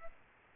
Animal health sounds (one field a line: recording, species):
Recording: mosquito wingbeat signal from an infrared sensor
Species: Aedes aegypti